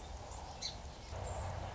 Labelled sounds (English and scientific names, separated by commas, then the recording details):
Song Sparrow (Melospiza melodia)
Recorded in Sonoma County, California